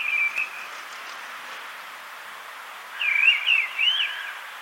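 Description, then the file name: Mistle thrush song: a short fluty warbled phrase, a pause of over two seconds, then a longer run of whistled, wavering notes, over a faint steady background hiss. "Dubbeltrast"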